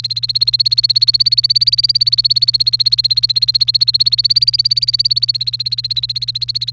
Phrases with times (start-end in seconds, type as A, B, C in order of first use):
0.00-6.72 A